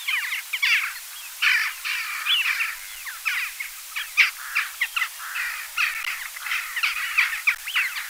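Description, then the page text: Western Jackdaw chorus: crowded, harsh 'chack' calls from many birds, bursting and overlapping in rapid clusters throughout. "Western Jackdaw and Eurasian Wigeon Soundscape. Quick Sounds"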